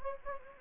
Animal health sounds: mosquito wingbeat signal from an infrared sensor; Anopheles gambiae

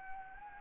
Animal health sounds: mosquito wingbeat signal from an infrared sensor; Anopheles gambiae

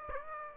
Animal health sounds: mosquito wingbeat signal from an infrared sensor; Aedes aegypti

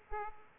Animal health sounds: mosquito wingbeat signal from an infrared sensor; Aedes aegypti

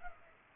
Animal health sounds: mosquito wingbeat signal from an infrared sensor; Culex pipiens

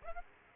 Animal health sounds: mosquito wingbeat signal from an infrared sensor; Aedes aegypti

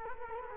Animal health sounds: mosquito wingbeat signal from an infrared sensor; Culex quinquefasciatus

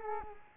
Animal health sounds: mosquito wingbeat signal from an infrared sensor; Culex quinquefasciatus

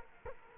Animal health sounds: mosquito wingbeat signal from an infrared sensor; Culex quinquefasciatus

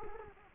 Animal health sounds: mosquito wingbeat signal from an infrared sensor; Culex quinquefasciatus

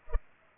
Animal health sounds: mosquito wingbeat signal from an infrared sensor; Culex pipiens

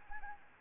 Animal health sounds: mosquito wingbeat signal from an infrared sensor; Anopheles arabiensis

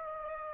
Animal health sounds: mosquito wingbeat signal from an infrared sensor; Aedes aegypti

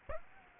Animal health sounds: mosquito wingbeat signal from an infrared sensor; Aedes aegypti

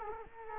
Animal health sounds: mosquito wingbeat signal from an infrared sensor; Culex quinquefasciatus

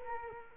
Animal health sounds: mosquito wingbeat signal from an infrared sensor; Culex quinquefasciatus

